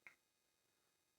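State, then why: Seated. The rotating plastic filter screen of a Maircle F1 Smart wet-dry vacuum cleaner is pushed back into its filter housing so its small detents poke through. A single sharp click is heard at 0.1 s, followed by quiet. The screen is seated in the housing.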